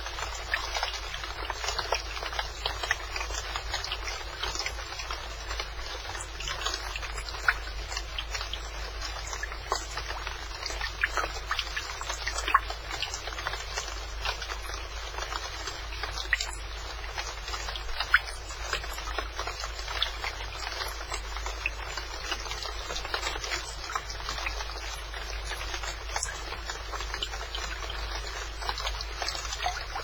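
Rain falls steadily throughout, a dense, bright patter of countless small drops with occasional sharper taps standing out. The intensity stays even from start to finish. A low, constant hum runs quietly underneath.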